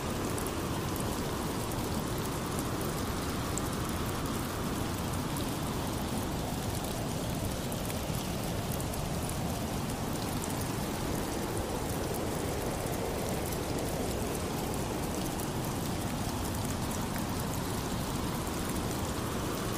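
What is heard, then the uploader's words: Rain falls steadily and densely, a close, even hiss packed with countless fine drops that barely changes over the whole stretch. A deep, rumbling layer sits underneath, slowly swelling and easing like wind pushing through, with no distinct events breaking the wash. Rain Sounds With Wind Blowing White Noise.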